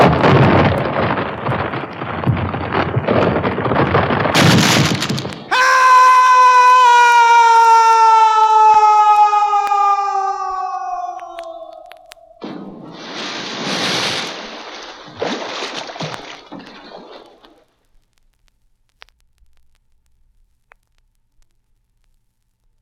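Spooky haunted house effects open with a dense, rough roar for about five seconds. A loud, ringing wail then cuts in and slowly slides downward until around twelve seconds. Two hissing, gusty bursts follow, and the last few seconds are silent.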